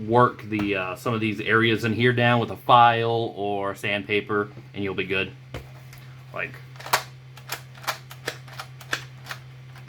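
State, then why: Not seated. Someone talks, then works a toy blaster, producing a series of sharp plastic clacks and rattles. The plastic rotator arm fails to catch and engage the dart clip, and nothing seats or clicks into place.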